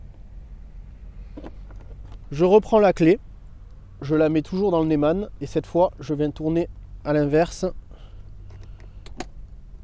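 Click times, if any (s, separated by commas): 9.2 s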